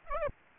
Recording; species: mosquito wingbeat signal from an infrared sensor; Aedes aegypti